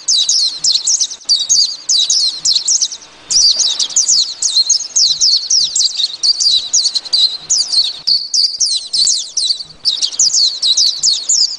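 White-eye song of fast, high, sibilant twittering phrases separated by brief gaps, over soft intermittent low ticking.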